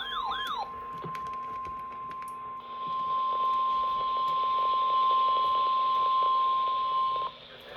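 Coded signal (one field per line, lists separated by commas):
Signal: Emergency Alert System (SAME) tones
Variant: 1050 Hz attention tone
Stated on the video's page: Severe thunderstorm warnings received from NOAA Weather Radio stations WXJ53 and KXI22.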